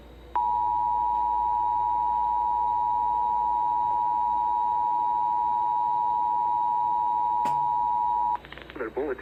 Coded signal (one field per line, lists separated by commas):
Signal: Emergency Alert System (SAME) tones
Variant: 853 and 960 Hz attention tone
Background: speech